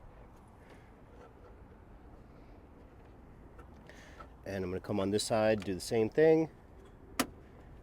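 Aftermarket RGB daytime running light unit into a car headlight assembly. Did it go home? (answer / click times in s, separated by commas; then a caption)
yes / 7.2 s. On a Tesla Model Y Juniper, the replacement plastic aftermarket RGB daytime running light unit is pushed into the second side's headlight assembly. After quiet background noise, someone talks, then a single sharp click sounds at 7.2 s. The light module is seated, clicking into place just like the first side.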